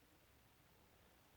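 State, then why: Not seated. An Enders razor adapter holding an injector blade is handled on its way into a safety razor head, with only a steady low, faint broadband hiss and no distinct clicks or knocks across the 1.4 seconds. Nothing has seated or clicked yet; the adapter is not yet home.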